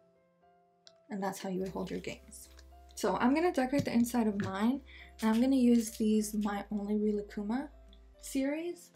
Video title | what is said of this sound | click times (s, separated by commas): Custom Nintendo Switch Lite Kawaii Makeover | and it kind of like snaps into place | 0.9 s